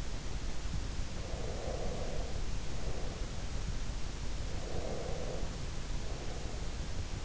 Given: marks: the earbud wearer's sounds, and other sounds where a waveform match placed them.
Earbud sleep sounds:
sounds in sleep by an in-ear microphone; breath
1.23-3.96 s: breath
4.61-7.14 s: breath

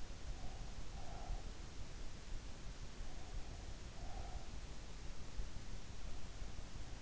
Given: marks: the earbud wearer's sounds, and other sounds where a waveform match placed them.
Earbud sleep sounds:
sounds in sleep by an in-ear microphone; breath
0.28-1.52 s: breath
2.96-4.60 s: breath

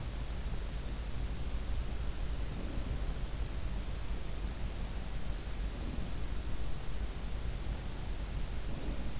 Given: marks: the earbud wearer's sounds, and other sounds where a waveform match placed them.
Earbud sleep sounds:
sounds in sleep by an in-ear microphone; breath
2.44-3.03 s: breath
5.72-6.23 s: breath
8.64-9.15 s: breath

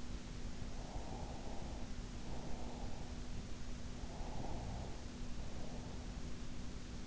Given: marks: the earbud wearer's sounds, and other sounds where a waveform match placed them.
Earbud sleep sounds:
sounds in sleep by an in-ear microphone; breath
0.60-3.32 s: breath
3.93-6.47 s: breath

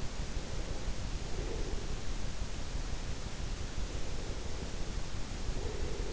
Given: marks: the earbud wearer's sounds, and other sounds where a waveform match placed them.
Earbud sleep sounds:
sounds in sleep by an in-ear microphone; breath
0.22-1.99 s: breath
4.05-6.05 s: breath

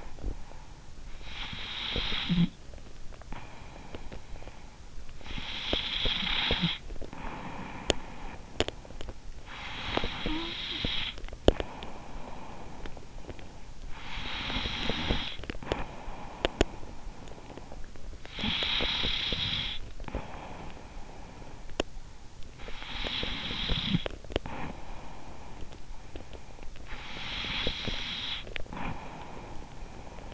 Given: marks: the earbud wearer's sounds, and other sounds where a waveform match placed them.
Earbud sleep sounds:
sounds in sleep by an in-ear microphone; breath, snoring breath, teeth grinding
0.00-1.20 s: breath
1.20-5.01 s: snoring breath
5.01-30.34 s: breath
5.55-6.79 s: teeth grinding
7.63-8.08 s: teeth grinding
9.71-10.72 s: teeth grinding
11.39-11.79 s: teeth grinding
14.71-16.90 s: teeth grinding

